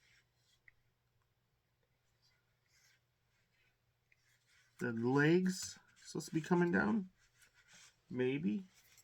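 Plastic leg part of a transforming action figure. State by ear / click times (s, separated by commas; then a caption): not seated / none. Someone handles the plastic leg part of a Transformers Legacy Soundwave action figure, moving the legs down during transformation, with faint rubbing and small taps before someone talks. Nothing has seated or clicked yet.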